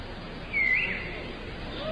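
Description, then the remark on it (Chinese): A single short bird call, a bright rising-and-falling whistle, cuts briefly through a steady hiss of background noise, with a faint lower chirp near the end, heard during the live broadcast of the 2018 Berlin Forest Concert, in the rain. “好像听到一点鸟鸣的声音。”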